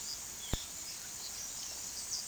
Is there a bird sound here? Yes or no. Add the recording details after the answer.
yes. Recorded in pastures near Puerto Asís, Putumayo, Colombia, on 18 February 2024 at 13:30. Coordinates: 0.468, -76.328. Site G6414